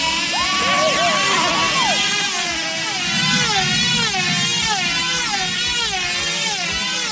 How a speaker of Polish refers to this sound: Robi to niesamowite wrażenie, bo ten fragment, który obejrzałem wyścigu, wygląda to w ten sposób, że faktycznie piloci tych samolotów stoją w środku, mają linkę, na której uwięziony jest samolocik i oni się biegają wokół siebie, można powiedzieć.